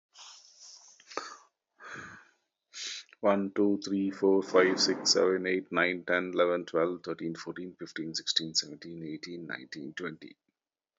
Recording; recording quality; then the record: counting at a fast pace; excellent, no background noise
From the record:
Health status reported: exposed to COVID-19, no respiratory illness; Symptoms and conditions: sore throat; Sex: male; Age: 42 years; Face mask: not worn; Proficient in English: yes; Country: India